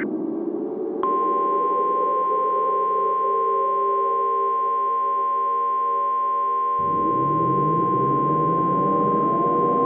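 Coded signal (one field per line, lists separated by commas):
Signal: Emergency Alert System (SAME) tones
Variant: 1050 Hz attention tone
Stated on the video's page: Mock tornado warning alert, not a real broadcast.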